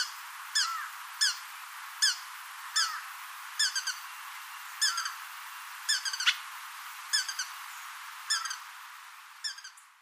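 Brazilian ruby giving sharp, high chipping calls, single or doubled, repeated at short intervals over faint background hiss.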